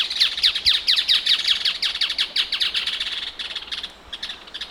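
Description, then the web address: Striated softtail song: a fast run of high, downslurred chips that gradually loses strength and then breaks up into scattered notes. Male. "sound Striated-softtail. دانلود-صدای-پرنده-نر-دم-راه-راه"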